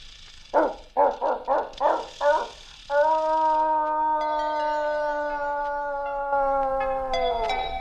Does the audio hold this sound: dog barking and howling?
yes